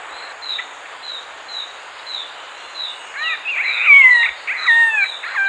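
Raffles's malkoha calls: several falling, slurred mewing notes in a loose cluster toward the end, while a repeated high chip continues throughout.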